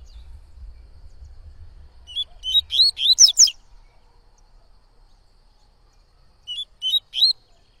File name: Coleiro Baiano Cantando Muito Canto Tui Tui